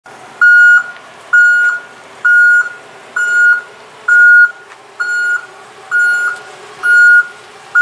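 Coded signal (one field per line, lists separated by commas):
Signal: alarm pattern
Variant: vehicle reversing alarm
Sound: repeated steady mid-pitched beeps, about nine, each under half a second, evenly spaced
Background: street background noise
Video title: Car Backing Up Beep / Free Sound Effect / #copyrightfree / [ Copyright Free Vehicles & City Sounds ]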